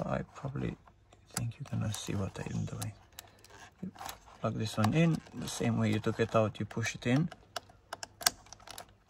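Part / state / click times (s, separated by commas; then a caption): airbag connector into steering wheel airbag module socket / seated / 8.3 s. An airbag connector is pushed back into its socket on the steering wheel airbag module of a 2011–2018 VW Sharan / Seat Alhambra 7N during a squib / clock-spring replacement. Someone talks through most of the clip, then a sharp click at 8.3 s shows the connector seated.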